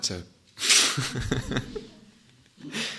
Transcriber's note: laughter